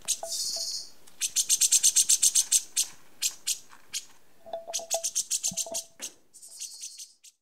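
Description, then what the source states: Horsfield's bush lark song: rapid trains of high, dry ticking notes, broken by short pauses and brief low whistles. Masteran, a training recording for songbirds.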